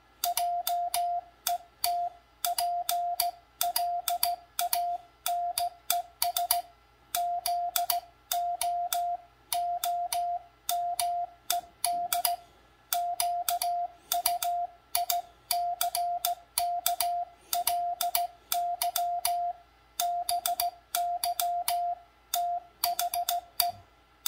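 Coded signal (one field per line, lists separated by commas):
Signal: Morse code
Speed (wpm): 16 wpm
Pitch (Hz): 700 Hz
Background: none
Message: JET PLANES ZOOMED QUICKLY BY THE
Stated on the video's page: Morse sent on a cootie side-swiper key.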